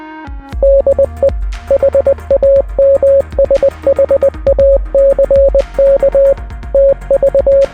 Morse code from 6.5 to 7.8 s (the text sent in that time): TV